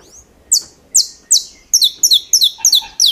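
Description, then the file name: Saffron finch song: sharp high notes spaced evenly, then speeding into doubled, stuttering chips, repeated about three times a second; quiet background. "Canto-do-Canário-da-Terra"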